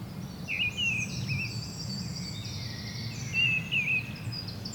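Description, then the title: Birds giving bright whistled calls and high chirps over a low background rumble. Bird ambience at Rue du Rossignol, Seneffe, Belgium; recorded with Sony PCM-D100 internal microphones. "Rue du Rossignol 7, 7180 Seneffe, Belgique - Birds ambience"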